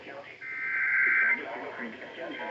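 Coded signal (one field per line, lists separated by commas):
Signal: Emergency Alert System (SAME) tones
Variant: header bursts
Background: speech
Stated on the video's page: Real severe weather alerts carrying valid SAME tones capable of activating actual EAS equipment.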